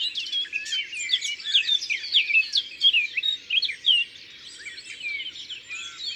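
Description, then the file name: Eurasian blackcap song, a rapid varied warble of bright high twittering phrases rising and falling, over a dense background chorus of other small birds. Recorded in the Drôme, France. "Fauvette a tete noire Concerts Naturels de la Drome Studio les Trois Becs"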